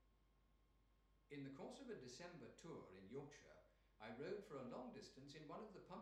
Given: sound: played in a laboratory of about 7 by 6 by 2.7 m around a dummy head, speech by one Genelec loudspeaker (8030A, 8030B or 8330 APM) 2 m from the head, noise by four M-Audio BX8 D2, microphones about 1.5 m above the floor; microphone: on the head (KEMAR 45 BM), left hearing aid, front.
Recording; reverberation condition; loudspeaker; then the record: male speech in English; medium; in front (0 degrees)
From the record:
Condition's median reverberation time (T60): about 510 ms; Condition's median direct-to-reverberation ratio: about -0.5 dB